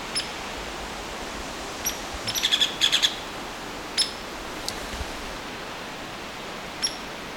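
Hairy Woodpecker calls: sharp, high peek notes scattered throughout, with a short burst of rapid sharp notes near the middle, over a faint steady hiss.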